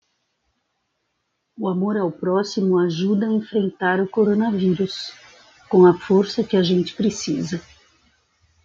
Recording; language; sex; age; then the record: spoken sentence; Brazilian Portuguese; female; 50 to 59 years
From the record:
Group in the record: control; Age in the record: 59 years